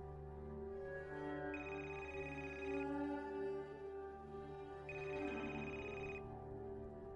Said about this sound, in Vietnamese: Điện thoại của dì bỗng đổ chuông, dì vội vàng mở máy. Đó là một số điện thoại lạ gọi tới.